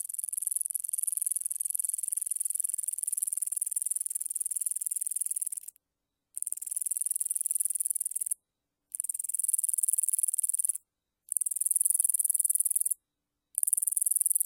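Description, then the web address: Round-winged katydid giving a long, high, dry ticking trill of fast even pulses, running for seconds and broken by brief silent gaps. "Crickets and Katydids. Roundwinged Katydid, Amblycorypha rotundifolia"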